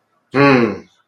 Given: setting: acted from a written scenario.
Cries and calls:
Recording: vocal sound without words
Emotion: pride

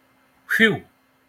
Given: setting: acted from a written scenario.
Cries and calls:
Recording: vocal sound without words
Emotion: relief

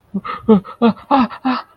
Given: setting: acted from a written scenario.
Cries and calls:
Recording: vocal sound without words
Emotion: fear

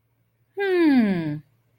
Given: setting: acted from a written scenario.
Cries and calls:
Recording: vocal sound without words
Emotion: interest

